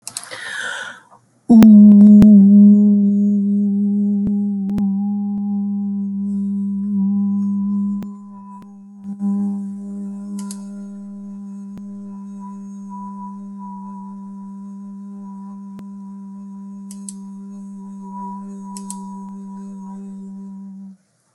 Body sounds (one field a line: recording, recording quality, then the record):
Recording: sustained vowel as in boot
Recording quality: excellent, no background noise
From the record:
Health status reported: respiratory illness, not identified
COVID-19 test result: negative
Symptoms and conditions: cough, asthma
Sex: female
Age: 46 years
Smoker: not ticked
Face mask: not worn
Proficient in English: yes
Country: France